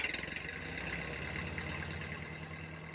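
A car engine runs at a steady idle, a low rumbling drone with rapid rhythmic pulsing and a faint high whine above it, holding constant throughout with no voices, as Dusko sets off by car along the roads of the former Yugoslavia.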